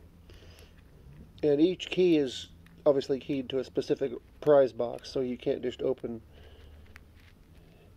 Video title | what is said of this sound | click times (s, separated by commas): lock that takes two keys to re lock ( from arcade prize game) | any of them but there you have it and then it locks in place | 7.0 s